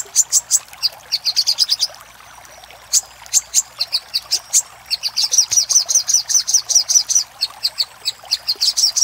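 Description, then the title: Little spiderhunter song: fast runs of high, piercing chip notes, a brief pause near two seconds, then long steady chattering series. Song used for training caged songbirds (masteran). "Masteran Burung Sogok Ontong Labaik"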